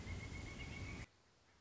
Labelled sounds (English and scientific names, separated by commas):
Pileated Woodpecker (Dryocopus pileatus)